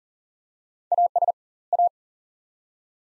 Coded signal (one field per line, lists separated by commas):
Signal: Morse code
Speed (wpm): 40 wpm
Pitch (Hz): 700 Hz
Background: none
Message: AS A